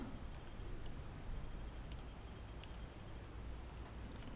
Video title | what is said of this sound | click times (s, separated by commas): Bandai Stormtrooper Part 2 | lovely little click. | 2.6 s